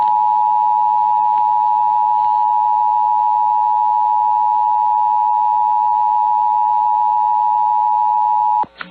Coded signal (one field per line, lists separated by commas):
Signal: Emergency Alert System (SAME) tones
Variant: 853 and 960 Hz attention tone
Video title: EAS Required Monthly Test South Dakota Statewide Test (1430 KBRK-AM Brookings, SD) +WeatherSTAR4000